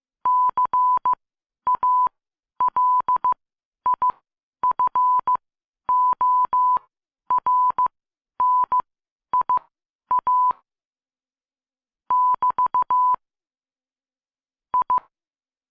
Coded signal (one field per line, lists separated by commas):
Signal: Morse code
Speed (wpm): 15 wpm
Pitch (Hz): 1000 Hz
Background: none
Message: CALIFORNIA <BT> I